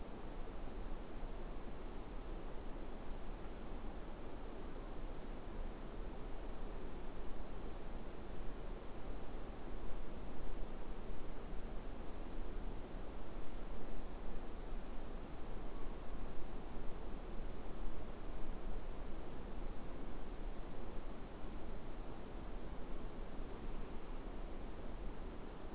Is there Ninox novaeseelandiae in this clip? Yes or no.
no